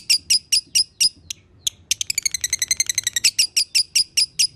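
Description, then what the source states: Lovebird chattering song: loud, piercing chips, a brief pause, then a rapid rattling trill of high notes before the chips resume. Lovebird singing in the konslet style, presented as a masteran (song-training) recording.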